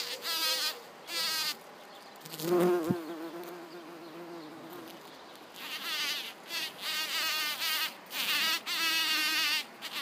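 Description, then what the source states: Bumblebee buzzing in repeated bursts, the hum wavering up and down in pitch, with a lower drone in the middle. Buzzing on flowers.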